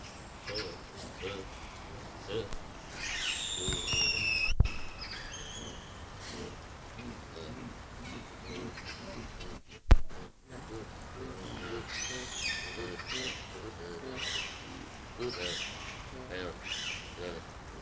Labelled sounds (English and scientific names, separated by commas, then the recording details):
Hamadryas Baboon (Papio hamadryas) call
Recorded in captivity
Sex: group
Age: adult
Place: Zoo Köln, Nordrhein-Westfalen, DE
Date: 2000-10-01 16:00
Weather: bedeckt, z.T. Regen, 15°C
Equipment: Nagra SN, Kopie Uher 4000 Report Monitor
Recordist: Tembrock, Günter
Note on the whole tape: Gruppe auf der Außenanlage: Teilgruppen in Kontakt (wohl schon an den Ruheplätzen (Allogrooming), Kurzlaute = "hominoide Laute"